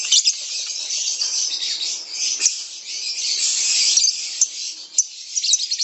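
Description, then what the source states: Lovebird song, a continuous high, buzzy chattering trill sustained throughout with brief sharp accents, no other clear sounds. Lovebird ngekek song, a long trilling song used as a lure (kicau pancingan).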